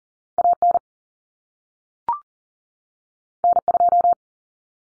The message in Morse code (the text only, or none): AN N2